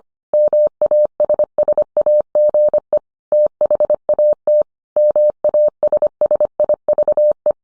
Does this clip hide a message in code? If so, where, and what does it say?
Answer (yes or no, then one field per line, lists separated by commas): yes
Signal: Morse code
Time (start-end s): 0.3-7.5 s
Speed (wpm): 25 wpm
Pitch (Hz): 600 Hz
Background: none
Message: MASSAGE THAT MASSIVE